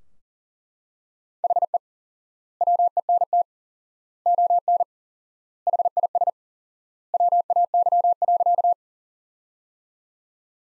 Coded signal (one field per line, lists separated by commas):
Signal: Morse code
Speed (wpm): 40 wpm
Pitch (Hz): 700 Hz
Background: none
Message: HE WENT ON HIS WAY.